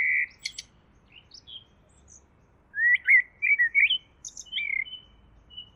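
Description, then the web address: Bird song opening with a flat whistled note, then a quick run of warbled, twisting notes ending in a thin trailing whistle. "Deverinetal. Bird Only"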